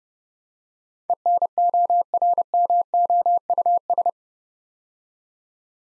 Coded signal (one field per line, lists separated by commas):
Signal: Morse code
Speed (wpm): 28 wpm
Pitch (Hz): 700 Hz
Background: none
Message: ENORMOUS